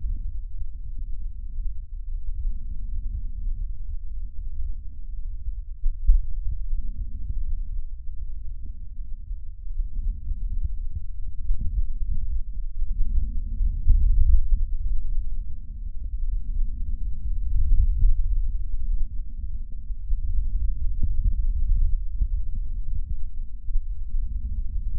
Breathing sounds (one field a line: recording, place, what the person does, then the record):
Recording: lung sounds by stethoscope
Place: right anterior apical chest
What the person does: quiet breathing, then deep breathing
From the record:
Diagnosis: none (healthy)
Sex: male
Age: 60 years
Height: 190 cm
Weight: 150 kg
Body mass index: 41.6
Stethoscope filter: bell mode